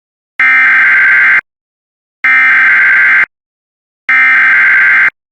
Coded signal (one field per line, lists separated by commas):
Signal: Emergency Alert System (SAME) tones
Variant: header bursts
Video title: Tornado Warning for Martin and Watonwan, MN (EAS #156)